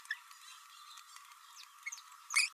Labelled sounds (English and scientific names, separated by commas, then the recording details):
Green-rumped Parrotlet (Forpus passerinus) babbling
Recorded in a nest box in Venezuela
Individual 18B104A3